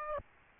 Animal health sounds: mosquito wingbeat signal from an infrared sensor; Aedes aegypti

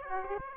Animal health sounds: mosquito wingbeat signal from an infrared sensor; Aedes aegypti

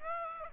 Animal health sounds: mosquito wingbeat signal from an infrared sensor; Aedes aegypti

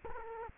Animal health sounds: mosquito wingbeat signal from an infrared sensor; Culex quinquefasciatus

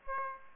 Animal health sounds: mosquito wingbeat signal from an infrared sensor; Aedes aegypti

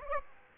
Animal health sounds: mosquito wingbeat signal from an infrared sensor; Aedes aegypti

